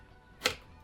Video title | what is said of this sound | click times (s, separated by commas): Creating a full size bolt pistol replica! | and it was time for final assembly we put the cover on through the guides and it closes with a satisfying snap | 0.5 s